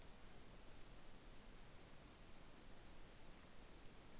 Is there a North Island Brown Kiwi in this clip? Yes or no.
no